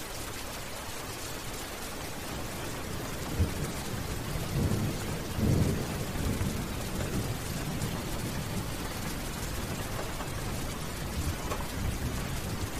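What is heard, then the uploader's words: Medium-light rain falls steadily, a dense even hiss spread from low to bright. Gentle thunder rumbles low, swelling around four to six seconds with a soft crack near three seconds, then fading back under the rain. 1 Hour of Medium-Light Rain with Gentle Thunder. Overcast day.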